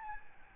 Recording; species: mosquito wingbeat signal from an infrared sensor; Aedes albopictus